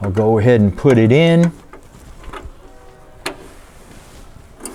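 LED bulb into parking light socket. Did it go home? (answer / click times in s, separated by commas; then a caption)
yes / 3.3 s. Someone talks, then an already-greased LED bulb panel is pushed down into the plastic parking/marker lamp socket of a 1973-80 Chevy/GMC square body and twisted to lock. Faint handling noises follow, and a sharp click at 3.3 s marks the bulb locking in. A few small taps come near the end.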